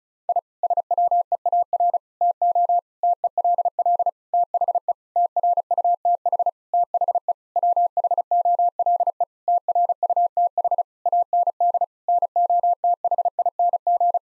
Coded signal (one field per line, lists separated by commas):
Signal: Morse code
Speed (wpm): 36 wpm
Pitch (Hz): 700 Hz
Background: none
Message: I SWEAR TO TELL THE TRUTH THE WHOLE TRUTH AND NOTHING